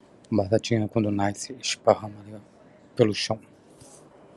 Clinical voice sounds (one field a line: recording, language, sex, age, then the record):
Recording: short text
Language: Brazilian Portuguese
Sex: male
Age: 40 to 49 years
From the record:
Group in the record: control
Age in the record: 45 years